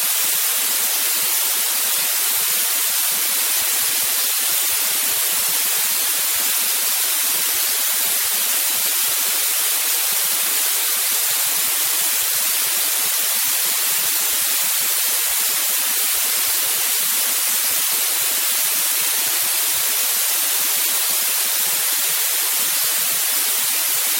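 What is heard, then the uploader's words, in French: Blue noise: a steady, dense hiss that leans heavily toward the bright, high end, with almost nothing in the lows. It stays perfectly even for the full 24 seconds, with no events, swells or background sounds, like a fine continuous spray. Bruit bleu.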